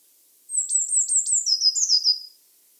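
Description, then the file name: Eurasian blue tit giving a string of thin, very high notes with quick downward flicks, running into a buzzy, lower chatter. "Cyanistes caeruleus"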